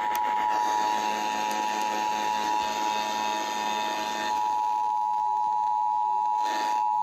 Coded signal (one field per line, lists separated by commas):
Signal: Emergency Alert System (SAME) tones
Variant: 853 and 960 Hz attention tone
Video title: [EAS #3042-#3048] San Diego County Required Monthly Test (7/03/24)